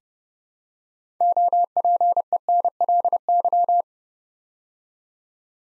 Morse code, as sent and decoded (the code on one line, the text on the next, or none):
--- .--. . -. .-.. -.--
OPENLY